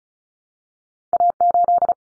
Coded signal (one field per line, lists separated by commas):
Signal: Morse code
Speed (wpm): 34 wpm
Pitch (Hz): 700 Hz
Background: none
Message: A8